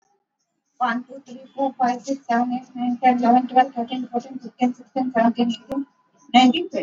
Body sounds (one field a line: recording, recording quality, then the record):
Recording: counting at a normal pace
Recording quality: excellent, no background noise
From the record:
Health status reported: exposed to COVID-19, no respiratory illness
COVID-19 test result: not tested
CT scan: not taken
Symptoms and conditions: none ticked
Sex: female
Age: 54 years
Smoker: no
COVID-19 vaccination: both doses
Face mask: not worn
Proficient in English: yes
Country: India